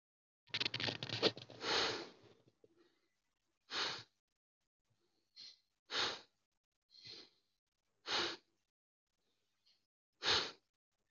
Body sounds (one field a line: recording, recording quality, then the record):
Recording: shallow breathing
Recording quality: excellent, no background noise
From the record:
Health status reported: healthy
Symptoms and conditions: cold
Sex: male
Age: 37 years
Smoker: yes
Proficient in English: yes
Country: India